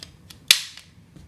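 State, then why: Seated. A magazine is slid up, flat side facing the rear, into the grip of a 1911 or 2011 pistol to test the magazine catch after the magazine release button was removed and reinstalled. Faint ticks lead up to a sharp, bright click at 0.5 s as the magazine latches on the catch, followed by a quieter tick. The magazine is seated and clicks home.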